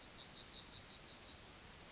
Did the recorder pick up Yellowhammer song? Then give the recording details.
yes. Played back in forest. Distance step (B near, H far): E. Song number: 138